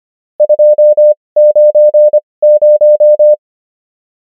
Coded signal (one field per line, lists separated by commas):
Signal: Morse code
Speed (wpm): 25 wpm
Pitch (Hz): 600 Hz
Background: none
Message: 290